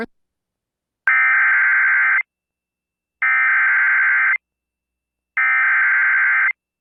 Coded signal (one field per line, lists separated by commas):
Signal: Emergency Alert System (SAME) tones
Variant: header bursts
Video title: Back For More? EAS Alerts From May 28-29, 2021 (EAS #1167-1176)